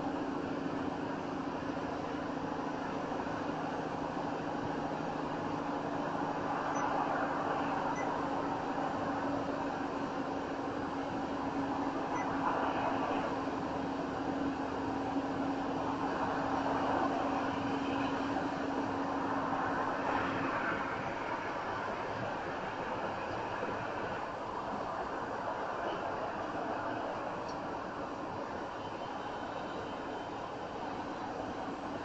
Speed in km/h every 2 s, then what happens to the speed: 76, 74, 74, 72, 71, 71, 69, 69, 71, 71, 69, 69, 69, 69, 66, 68.
0-32 slows to 68.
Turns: none.